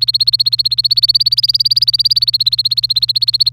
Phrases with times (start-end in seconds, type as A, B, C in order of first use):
0.00-3.52 A